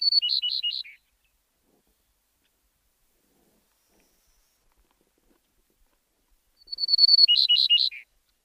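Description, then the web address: Grey-necked bunting sings two short, high phrases several seconds apart, each a few clear repeated notes ending in a lower, falling note, with silence between. "Schulze Peter Grey Necked Bunting song"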